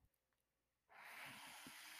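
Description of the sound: Near silence, then a sudden steady rush of breathy hiss as a home mechanical ventilator pushes air.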